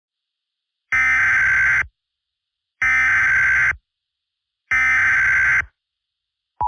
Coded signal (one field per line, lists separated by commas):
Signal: Emergency Alert System (SAME) tones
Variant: header bursts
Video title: The Beast In the Mountains (EAS Scenario)